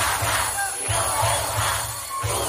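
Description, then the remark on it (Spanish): A large crowd shouts "¡Más fuerte!" (louder) together in loud, rhythmic bursts, demanding more volume. The massed voices surge in repeated waves over a constant roar for the whole stretch. “¡Más fuerte! Eso grita el país, che.”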